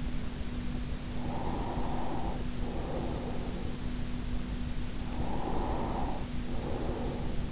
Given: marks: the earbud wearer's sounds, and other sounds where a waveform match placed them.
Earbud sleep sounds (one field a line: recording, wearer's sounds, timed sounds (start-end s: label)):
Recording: sounds in sleep by an in-ear microphone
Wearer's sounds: breath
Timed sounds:
1.24-3.96 s: breath
5.38-7.52 s: breath